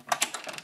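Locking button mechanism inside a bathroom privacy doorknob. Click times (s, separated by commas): 0.1 s, 0.2 s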